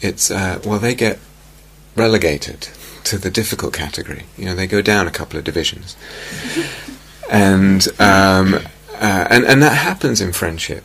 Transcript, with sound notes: well, they get relegated to the difficult category. They go down a couple of divisions. [laughter] And that happens in friendship.